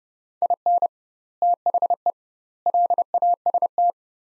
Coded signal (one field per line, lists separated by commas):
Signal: Morse code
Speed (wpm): 30 wpm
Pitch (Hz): 700 Hz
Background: none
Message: IN THE LAST